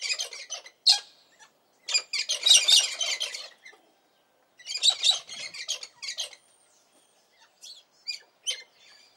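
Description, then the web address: Galah calling with rasping, high screeches in ragged bursts, then sparser single squawks trailing off toward the end. "BBC Birds Cockatoos. roseate cockatoos"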